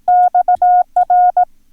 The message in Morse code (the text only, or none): XR